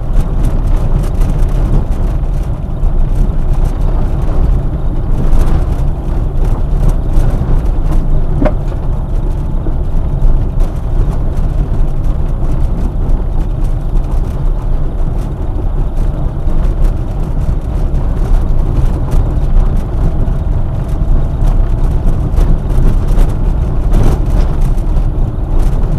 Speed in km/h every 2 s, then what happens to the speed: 25, 26, 26, 24, 25, 24, 24, 26, 28, 29, 28, 26, 27.
0-26 steady at about 26.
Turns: none.